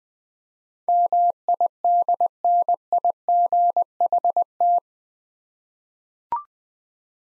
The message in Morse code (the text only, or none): MIDNIGHT